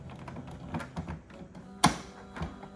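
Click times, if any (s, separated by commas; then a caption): 1.8 s. A black ink cartridge is pushed into the carriage of an HP DeskJet 4828 printer, inserted the same way as the first cartridge. Light tapping and plastic handling sounds lead up to a loud, sharp snap at 1.8 s as the cartridge seats, followed by a softer knock. The cartridge is fully seated.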